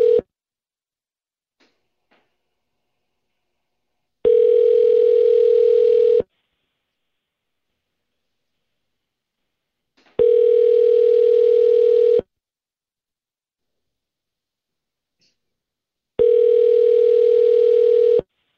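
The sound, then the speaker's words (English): A phone rings out on an outgoing call, three steady two-second bursts of a loud mid-pitched tone separated by about four seconds of silence. “Because it's so much fun to listen to a bunch of ringing.”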